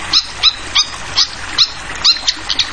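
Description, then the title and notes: Fantail giving short, sharp high chips at uneven intervals over a constant wash of trickling water. Tutoring (masteran) song for training songbirds, clear voice, mixed with the sound of flowing water. "Masteran Sikatan Kipas Suara Jernih Dan Suara Gemericik Air. Suara Burung Sikatan Londo"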